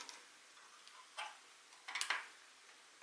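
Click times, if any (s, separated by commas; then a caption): none. Plastic toy robot beams are handled and lined up to be sandwiched together on a plastic connector pin at hole 20 on the top row of a beam, before being pressed until they snap. Light plastic ticks and taps are heard, with a brighter cluster of clicks just after 2 seconds. Nothing has seated or clicked into place yet.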